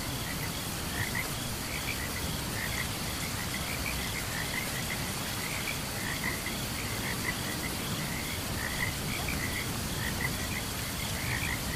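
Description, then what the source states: Frogs chirping, short bright notes repeated rapidly, over a steady hiss of rain and a faint continuous high insect drone. Frogs chirping alongside crickets during a thunderstorm.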